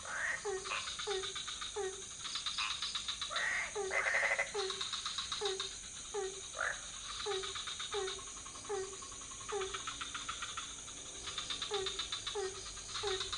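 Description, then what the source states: Frog chorus of short, falling croaks repeated regularly, with brief bursts of higher rattling calls and a constant high drone. Several frog species calling at night in a pond near a hotel in Ubud, Bali, Indonesia; recorded with Sony PCM D50 and Rode NT4 on a boompole.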